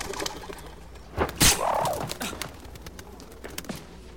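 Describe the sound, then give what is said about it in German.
A pigeon coos softly, then a sudden burst of flapping wings as it takes off, followed by lighter fluttering and rustling that trails away. “Brave Taube, so ist gut. Komm, komm, komm, auf geht's. Flieg los.”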